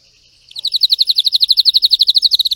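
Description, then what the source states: Canary (Spanish Timbrado): canary song: an even, very fast trill of repeated bright notes, starting after a short soft tone and continuing steadily to the end. Belgian canary, Spanish Timbrado breed, singing.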